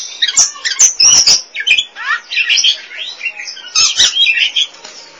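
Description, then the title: Oriental magpie-robin song: bursts of sharp clicks, sweeping whistles and buzzy chatter in quick, varied succession. Song (kicauan). "Suara Kicauan Burung Kacer Durasi Panjang"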